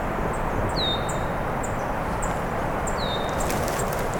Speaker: Red-winged blackbird's been going on and on for a while.